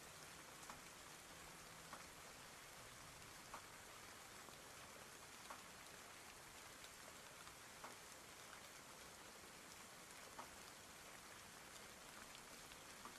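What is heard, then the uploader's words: Steady rain falls throughout, a dense, even hiss spread evenly from low to high with no letup. Scattered louder drops tap every second or so, and a faint low hum sits briefly underneath near the second mark. ASMR Binaural Rainstorm. The sound of rain falling. Microphone - Blue Yeti.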